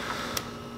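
A flying-dinosaur plastic piece is snapped onto the top of a combined toy robot, with a single sharp click at 0.4 s over a low, steady background hum. The piece seats in place.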